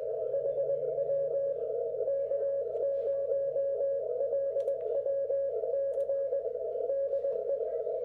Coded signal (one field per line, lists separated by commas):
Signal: Morse code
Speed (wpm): 20 wpm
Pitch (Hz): 560 Hz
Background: music, radio noise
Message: HW K0LWC DE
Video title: K0LWC Sunday Night 40M CW